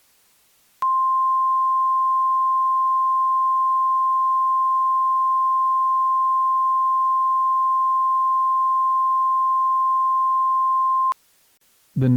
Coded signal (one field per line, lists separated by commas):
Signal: Emergency Alert System (SAME) tones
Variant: 1050 Hz attention tone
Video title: EAS Reenactment Mock: Tornado Warning for Folkston GA || 4/23/20